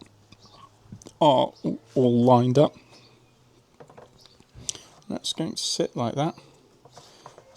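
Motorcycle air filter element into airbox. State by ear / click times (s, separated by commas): seated / 7.3 s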